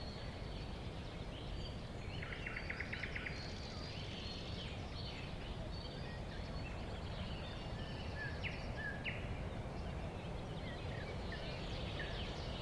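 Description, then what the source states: Thrush nightingale song, faint: a short, hard, pulsed rattle followed by scattered chirps and clipped notes, over constant low background rumble. Recorded at a woodland edge next to a lake, in 2001.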